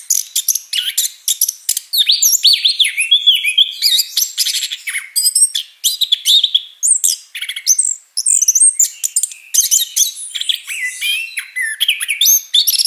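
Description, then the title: Orange-headed thrush delivering a long, loud, varied song of whistled slurs, chattering trills and abrupt high notes, nearly unbroken for the whole stretch. Described as a 'gacor ngeplong' singer, meaning in full, open, continuous song. "Anis Kembang Gacor Ngeplong Suara Burung"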